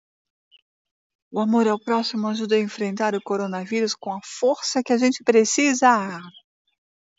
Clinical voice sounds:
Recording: spoken sentence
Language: Brazilian Portuguese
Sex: female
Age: 50 to 59 years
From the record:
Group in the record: control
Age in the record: 58 years

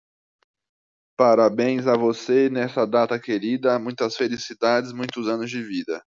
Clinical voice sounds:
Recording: short text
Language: Brazilian Portuguese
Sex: male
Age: 20 to 29 years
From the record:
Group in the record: control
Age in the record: 29 years

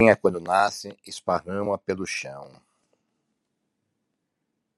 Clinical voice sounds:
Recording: short text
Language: Brazilian Portuguese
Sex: male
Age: 50 to 59 years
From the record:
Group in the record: control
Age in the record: 52 years

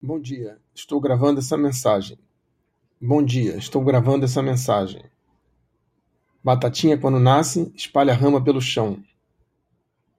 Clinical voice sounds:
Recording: short text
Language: Brazilian Portuguese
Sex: male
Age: 60 to 69 years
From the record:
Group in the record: control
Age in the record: 63 years

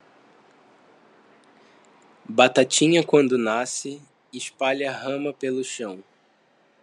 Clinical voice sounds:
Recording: short text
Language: Brazilian Portuguese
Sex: male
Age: 20 to 29 years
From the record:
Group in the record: control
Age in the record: 25 years

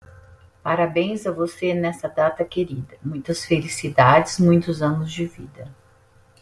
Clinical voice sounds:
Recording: short text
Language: Brazilian Portuguese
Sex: female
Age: 50 to 59 years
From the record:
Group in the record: control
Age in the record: 53 years

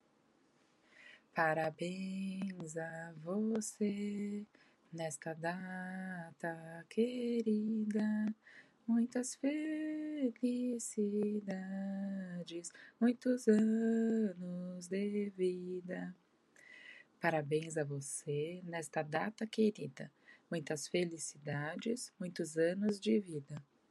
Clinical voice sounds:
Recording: short text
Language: Brazilian Portuguese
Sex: female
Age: 40 to 49 years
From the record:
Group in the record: control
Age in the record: 41 years

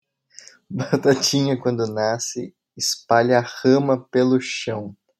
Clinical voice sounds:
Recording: short text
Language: Brazilian Portuguese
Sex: male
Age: 20 to 29 years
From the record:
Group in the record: control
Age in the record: 25 years

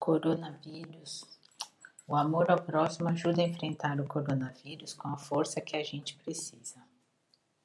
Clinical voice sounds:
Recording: spoken sentence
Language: Brazilian Portuguese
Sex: female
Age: 50 to 59 years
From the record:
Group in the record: control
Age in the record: 51 years

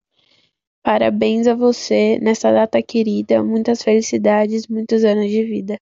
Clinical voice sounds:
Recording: short text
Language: Brazilian Portuguese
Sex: female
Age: 18 to 19 years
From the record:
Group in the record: control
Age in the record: 19 years

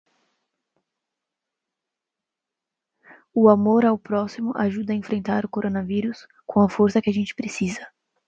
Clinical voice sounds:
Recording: spoken sentence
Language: Brazilian Portuguese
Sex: female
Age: 20 to 29 years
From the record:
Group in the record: control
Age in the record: 21 years

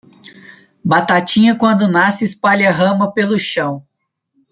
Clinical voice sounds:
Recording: short text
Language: Brazilian Portuguese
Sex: male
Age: 20 to 29 years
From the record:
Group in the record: control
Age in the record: 24 years

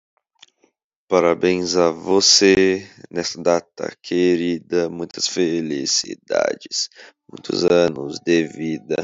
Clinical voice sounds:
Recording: short text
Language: Brazilian Portuguese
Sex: male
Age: 18 to 19 years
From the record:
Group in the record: control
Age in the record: 18 years

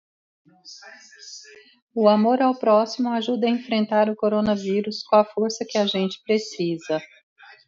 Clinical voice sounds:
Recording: spoken sentence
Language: Brazilian Portuguese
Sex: female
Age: 40 to 49 years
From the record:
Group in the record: control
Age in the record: 48 years

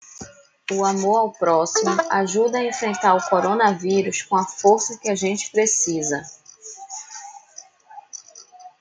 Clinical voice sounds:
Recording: spoken sentence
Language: Brazilian Portuguese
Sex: female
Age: 20 to 29 years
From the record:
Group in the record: control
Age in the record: 29 years

